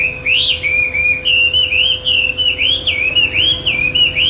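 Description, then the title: Bird singing clear, looping whistled notes that swing up and down in a smooth, repeating pattern, with a faint hum behind. "SuaraBurung Kicau6"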